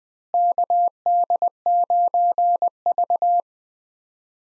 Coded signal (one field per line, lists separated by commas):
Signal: Morse code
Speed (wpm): 20 wpm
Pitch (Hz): 700 Hz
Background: none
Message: KD9V